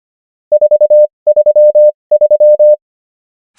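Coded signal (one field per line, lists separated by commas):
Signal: Morse code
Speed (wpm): 25 wpm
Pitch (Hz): 600 Hz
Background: none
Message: 433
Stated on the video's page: Morse practice of numbers at 25 wpm character speed and 21 wpm word speed, Farnsworth spacing.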